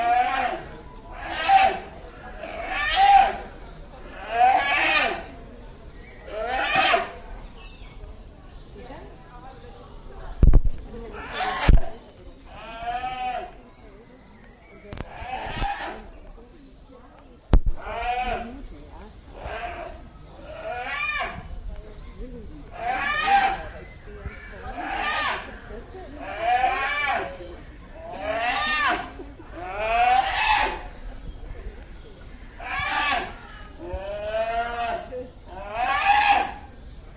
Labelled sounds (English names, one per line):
Polar Bear call